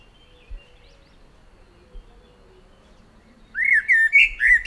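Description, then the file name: Common blackbird begins a loud mellow warbled phrase after several seconds of near quiet with faint chirps. "Turdus merula"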